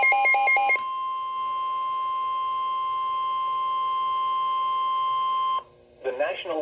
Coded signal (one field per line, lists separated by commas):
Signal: Emergency Alert System (SAME) tones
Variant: 1050 Hz attention tone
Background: speech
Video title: NOAA Weather Radio - Severe Thunderstorm Warning [EAS #141] (5/20/22)